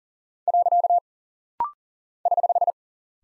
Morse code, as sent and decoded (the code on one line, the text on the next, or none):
.-.-.- / ........
. <HH>